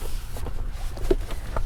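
The rigid latch connector of a Diono Everett NXT high back booster car seat is pushed onto the lower anchor in a Tesla, with the seat protector moved out of the way. Two sharp clicks are heard at 1.1 s and 1.6 s over low rumbling background noise. The latch indicators turn from red to green, showing both sides are properly clicked on and the booster seat is seated and firmly installed.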